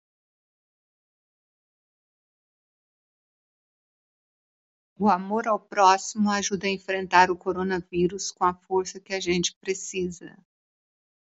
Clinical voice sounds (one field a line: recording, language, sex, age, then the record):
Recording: spoken sentence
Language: Brazilian Portuguese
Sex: female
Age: 50 to 59 years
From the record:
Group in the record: control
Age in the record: 58 years